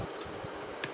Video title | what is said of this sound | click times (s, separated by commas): Range of Coconut Scrapper, Choppers, High speed mixers | வச்சு இத நீங்க பாத்தீங்க அப்படின்னா இப்படி சுத்துனீங்க அப்படின்னா உங்களுக்கு இது வந்து லாக் ஆயிடும். | 0.8 s